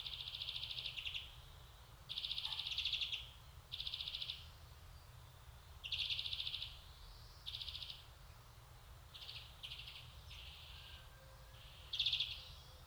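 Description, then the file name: European greenfinch buzzing repeatedly, a run of rasping, wheezy bursts of uneven length coming in quick, irregular succession above a low rumbling background. "Chloris chloris"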